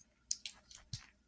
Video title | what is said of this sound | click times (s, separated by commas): Transformers Studio Series 111 BBM Concept Deluxe Sunstreaker Review | then you're going to want to bend the arm back till it tabs into place right right there | 0.3 s